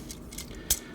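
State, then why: Seated. A plastic part of an Iron Factory IF-EX14 Ultimate Commander transforming robot figure is plugged into place to finish the change into robot mode. Faint ticks and handling noise lead up to one sharp snap at 0.7 s. The part seats, and the figure is in its base robot form.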